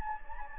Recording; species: mosquito wingbeat signal from an infrared sensor; Anopheles gambiae